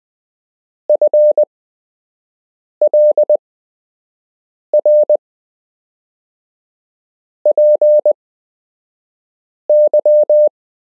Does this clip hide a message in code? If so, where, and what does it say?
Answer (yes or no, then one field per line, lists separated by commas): yes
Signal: Morse code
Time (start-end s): 0.9-10.5 s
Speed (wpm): 20 wpm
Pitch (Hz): 600 Hz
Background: none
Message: FLR P Y